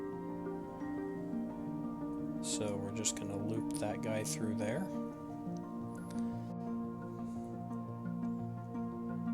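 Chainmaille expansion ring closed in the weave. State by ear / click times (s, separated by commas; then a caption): not seated / none. A chainmaille expansion ring is looped through the weave by hand to be closed, with music playing throughout while someone talks over faint metal handling sounds. The clip ends before the ring goes home, and nothing has seated or clicked yet.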